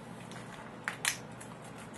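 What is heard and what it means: Pressing along the top edge of an Asus Eee PC netbook's plastic bottom case, during reassembly after a hard drive and RAM upgrade, makes its snap clips re-engage with the chassis. Two sharp plastic clicks land at 0.9 s and 1.1 s over a quiet background. The case is confirmed seated back in place.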